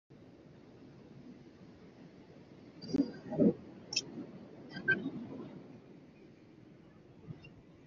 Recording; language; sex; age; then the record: spoken sentence; Brazilian Portuguese; male; 30 to 39 years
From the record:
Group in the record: control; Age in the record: 37 years